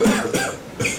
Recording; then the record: coughing mixed with background sound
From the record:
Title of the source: Spring Cold Coughing.